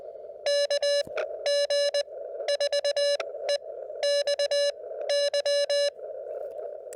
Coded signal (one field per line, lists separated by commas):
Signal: Morse code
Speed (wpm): 20 wpm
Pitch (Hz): 570 Hz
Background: none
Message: K G 4 E X Y